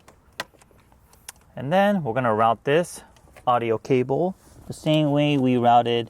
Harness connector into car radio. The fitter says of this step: you want to hear that audible click